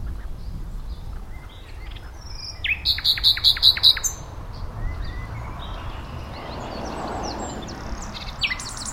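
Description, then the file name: Common nightingale song: a brief burst of rapid clicking notes midway, with soft scattered chirps and a steady low background hiss. "Luscinia megarhynchos"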